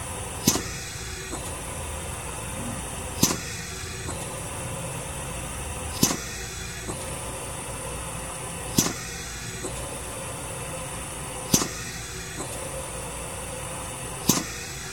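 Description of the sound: A steady mechanical hum is broken by sharp air-release pops every two to three seconds, six in all, with a shift in the background hiss after each: the cycling and air release of a hospital ventilator compressor.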